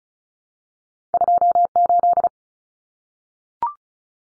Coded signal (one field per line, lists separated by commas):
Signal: Morse code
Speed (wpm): 34 wpm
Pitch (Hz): 700 Hz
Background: none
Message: 28